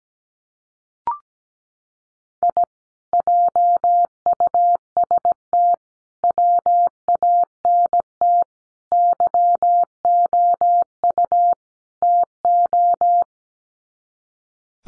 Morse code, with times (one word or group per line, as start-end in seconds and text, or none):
2.4-2.6 I
3.1-5.7 JUST
6.2-8.4 WANT
8.9-11.5 YOU
12.0-13.2 TO